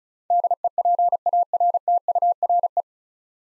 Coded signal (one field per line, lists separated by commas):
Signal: Morse code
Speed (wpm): 36 wpm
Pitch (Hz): 700 Hz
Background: none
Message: DEPARTURE